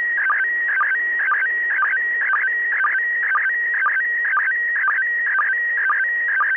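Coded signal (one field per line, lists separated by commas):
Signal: SSTV (slow-scan television)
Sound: steady warbling tone with a short low blip about twice a second, over hiss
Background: radio static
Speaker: that audio that you just heard should be able to decode that photograph that we just watched download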